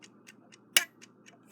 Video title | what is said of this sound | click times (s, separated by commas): Westclox Big Ben Chime Alarm style 4 rebuild part 9 | Now, I'm going to slowly rotate this until it clicks. | 0.8 s